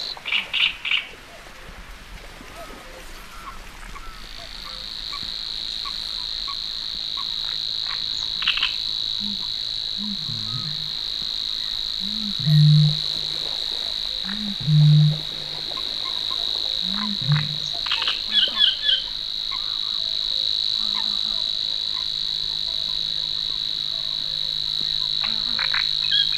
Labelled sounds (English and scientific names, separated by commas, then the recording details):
Savi's Warbler (Locustella luscinioides) song
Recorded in the wild
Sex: male
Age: adult
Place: Warsow, Kummerower See, Mecklenburg-Vorpommern, DE
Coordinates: 53.8342, 12.8506
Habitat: wetland
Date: 2013-05-23 19:09
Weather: cloudy, weak wind, 15°C
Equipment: Sound Devices 702, Sennheiser MKH 70, Rycote Windschutz
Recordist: Frommolt, Karl-Heinz